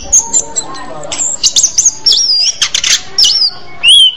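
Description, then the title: Orange-headed thrush song: a quick mix of high thin whistles, sharp clicks and chattering notes, ending with a clear slurred whistle. "Anis Merah"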